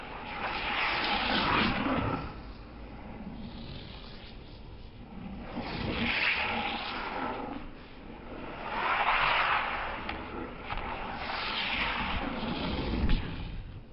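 A kinetic drawing machine runs on its own, a steady scraping churn swelling into brighter rasping surges roughly every three seconds.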